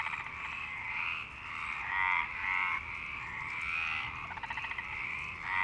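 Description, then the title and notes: Frogs croaking in a dense chorus, buzzy pulsed calls overlapping continuously. Several frogs in Parc Longchamp, Marseille, Provence-Alpes-Côte d'Azur, France; 26 March 2011 at 19:35; recorded with a MixPre-6 and Basic UCHO. "Marseille, Provence-Alpes-Côte d'Azur, France - 26_03_11_19_35 Longchamps_004 grenouilles. Grenouilles au parc de Longchamp"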